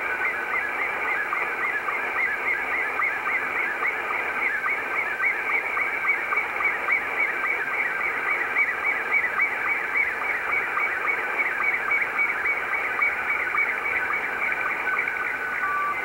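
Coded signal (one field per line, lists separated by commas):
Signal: SSTV (slow-scan television)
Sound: steady warbling, chirping tone sweeping up and down in a regular rhythm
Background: radio static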